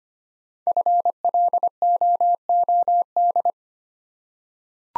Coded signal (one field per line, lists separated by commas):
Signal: Morse code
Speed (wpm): 25 wpm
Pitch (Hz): 700 Hz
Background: none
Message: FLOOD